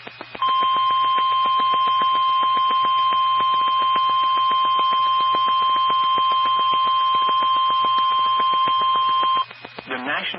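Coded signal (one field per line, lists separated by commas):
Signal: Emergency Alert System (SAME) tones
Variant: 1050 Hz attention tone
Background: speech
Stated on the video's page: Severe Thunderstorm Warning from a NOAA weather radio station in Ohio.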